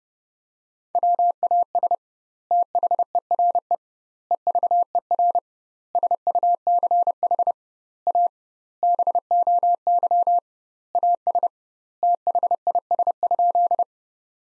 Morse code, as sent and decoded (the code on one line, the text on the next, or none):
.-- .- ... / - .... . .-. . / . ...- . .-. / ... ..- -.-. .... / .- / -... --- -.-- / .- ... / - .... .. ... ..--..
WAS THERE EVER SUCH A BOY AS THIS?